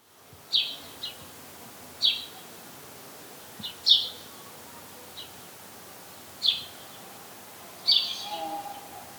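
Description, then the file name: House sparrow chirps, sharp single and paired notes every one to two seconds, with soft hiss and a faint note near the end. "Passer domesticus"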